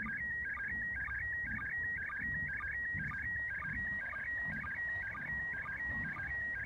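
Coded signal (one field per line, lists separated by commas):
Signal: SSTV (slow-scan television)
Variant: Robot36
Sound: warbling whistle between high tones, steady pitch stretches, rhythmic low blips repeating twice a second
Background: low rumble, room noise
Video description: International Space Station sstv captured with radioscanner and Robot36 app on tablet.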